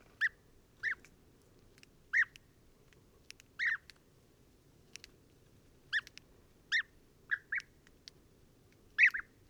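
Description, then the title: European bee-eater calls, purring trilled notes given one or two at a time at uneven intervals against low background hiss. Pre-migration gathering at an evening roost in a very large acacia, recorded in the evening and at morning waking, Oasis Mayateg, Adrar, Mauritania, 22 February 2019, Tlp7 and MixPre 3. "Dortoir de Guêpier d'Europe - Mauritanie"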